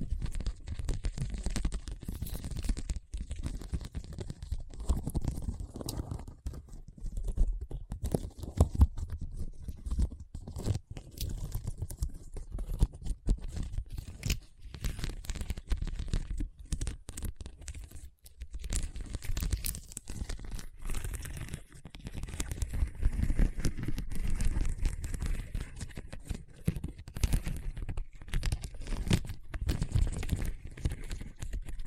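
Scratching on a hard, bumpy surface, made of dense, rapid rasping strokes that run almost without pause for the whole stretch. The sound is mostly low and gritty with a scratchy top, and it briefly thins out around eighteen seconds before picking back up.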